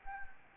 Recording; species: mosquito wingbeat signal from an infrared sensor; Anopheles gambiae